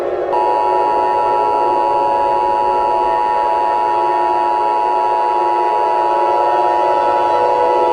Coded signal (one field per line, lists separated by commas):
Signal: Emergency Alert System (SAME) tones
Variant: 853 and 960 Hz attention tone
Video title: EAS Scenario: Back to School Chaos